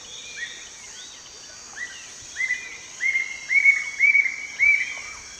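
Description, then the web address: Bright-rumped attila delivering a series of whistled, slurred notes that start soft and build steadily in volume. A constant shrill insect buzz runs underneath. South America, eastern lowlands. "Natures Songs S America Eastern Lowlands. Attila spadiceus, song"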